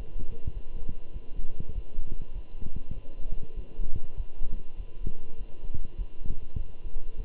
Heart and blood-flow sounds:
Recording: heart sounds by stethoscope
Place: between the tricuspid and mitral areas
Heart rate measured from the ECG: 100 bpm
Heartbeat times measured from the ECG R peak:
0.54 s: heartbeat
1.13 s: heartbeat
1.74 s: heartbeat
2.34 s: heartbeat
2.94 s: heartbeat
3.56 s: heartbeat
4.16 s: heartbeat
4.77 s: heartbeat
5.38 s: heartbeat
5.97 s: heartbeat
6.57 s: heartbeat
7.17 s: heartbeat
From the record:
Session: walking at 3.7 km/h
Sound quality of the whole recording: good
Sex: male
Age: 24 years

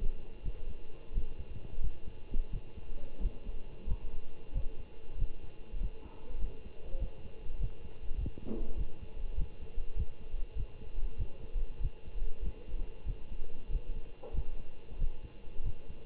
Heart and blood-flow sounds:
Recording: heart sounds by stethoscope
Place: between the tricuspid and mitral areas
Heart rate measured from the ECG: 95 bpm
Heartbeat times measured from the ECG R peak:
0.43 s: heartbeat
1.13 s: heartbeat
1.80 s: heartbeat
2.51 s: heartbeat
3.20 s: heartbeat
3.86 s: heartbeat
4.53 s: heartbeat
5.17 s: heartbeat
5.79 s: heartbeat
6.39 s: heartbeat
6.99 s: heartbeat
7.58 s: heartbeat
8.16 s: heartbeat
8.76 s: heartbeat
9.36 s: heartbeat
9.95 s: heartbeat
10.55 s: heartbeat
11.17 s: heartbeat
11.80 s: heartbeat
12.41 s: heartbeat
13.05 s: heartbeat
13.69 s: heartbeat
14.33 s: heartbeat
14.97 s: heartbeat
15.62 s: heartbeat
From the record:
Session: Bruce protocol treadmill stress test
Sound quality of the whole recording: good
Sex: male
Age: 25 years

